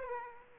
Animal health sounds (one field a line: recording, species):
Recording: mosquito wingbeat signal from an infrared sensor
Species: Aedes aegypti